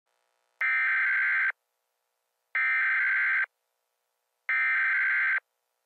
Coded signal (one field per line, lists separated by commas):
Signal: Emergency Alert System (SAME) tones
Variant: header bursts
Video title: EAS scenario: The Second American Civil War part 2: Hijacking